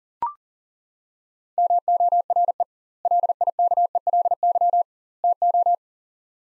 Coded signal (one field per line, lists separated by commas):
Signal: Morse code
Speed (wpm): 40 wpm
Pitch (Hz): 700 Hz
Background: none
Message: MORE LIKELY TO